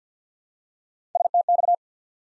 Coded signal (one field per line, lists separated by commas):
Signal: Morse code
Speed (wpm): 51 wpm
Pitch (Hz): 700 Hz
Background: none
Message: STX